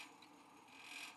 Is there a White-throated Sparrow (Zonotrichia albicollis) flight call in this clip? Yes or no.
no